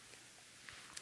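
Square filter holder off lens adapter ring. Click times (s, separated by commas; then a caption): 0.7 s, 1.0 s. A Formatt Hitech Firecrest 100mm MKI square filter holder is released from its lens adapter ring by pulling back on the holder's spring clip. Two small hits sound at 0.7 s and 1.0 s as it lets go, and the holder comes off easily.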